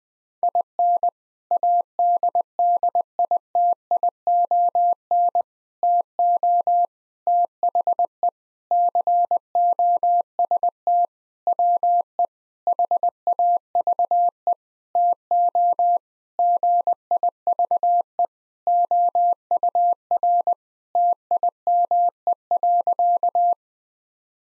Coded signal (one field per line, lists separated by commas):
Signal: Morse code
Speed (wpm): 20 wpm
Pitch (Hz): 700 Hz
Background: none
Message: IN ADDITION TO THE COST WE HAVE TO GIVE OUR TIME.